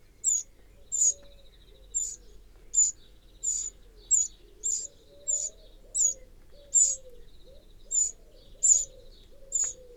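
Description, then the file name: Eurasian wren ticking repeatedly, sharp high clicks about every half second to second, with a thin high tone and a soft low hum in the background. "Troglodytes troglodytes"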